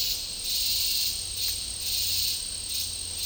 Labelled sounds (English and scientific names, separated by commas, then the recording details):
none
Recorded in dense forest near Puerto Asís, Putumayo, Colombia, on 20 December 2024 at 12:30
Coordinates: 0.499, -76.324
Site G045